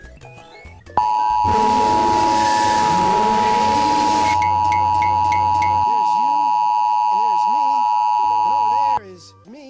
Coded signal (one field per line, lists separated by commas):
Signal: Emergency Alert System (SAME) tones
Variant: 853 and 960 Hz attention tone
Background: speech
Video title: First national EAS mock. (Kinda bad lol)